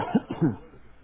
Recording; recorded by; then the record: voluntary cough; telephone call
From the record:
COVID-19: negative